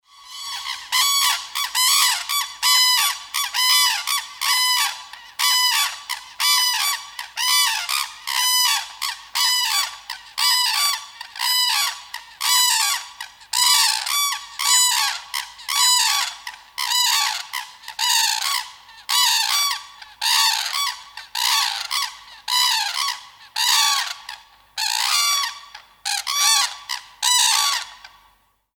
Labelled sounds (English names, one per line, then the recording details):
Red-crowned Crane
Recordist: Tembrock, Günter
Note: Erregungsrufe eines Paares